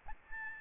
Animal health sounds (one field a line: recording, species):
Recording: mosquito wingbeat signal from an infrared sensor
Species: Aedes albopictus